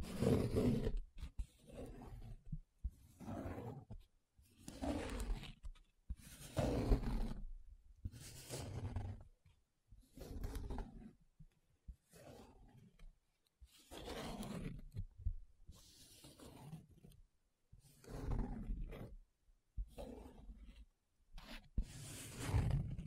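Paper is rubbed and scratched in a series of rough, hissing strokes, each lasting around a second, separated by brief silent gaps. The strokes come at a fairly regular pace, some heavier and fuller, others thinner, with a gritty low rumble under the bright scraping.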